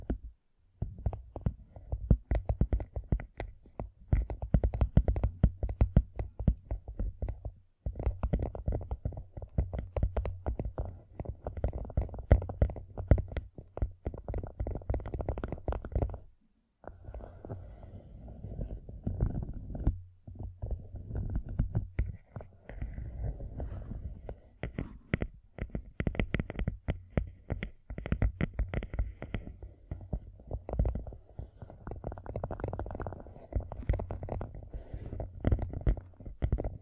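Gem-covered fingertips tap and scratch in a dense, busy stream of quick clicks and scrapes, each with a soft low thud beneath it. The pattern runs almost without pause, with brief silences near 8 and 16 seconds and a quieter stretch just after.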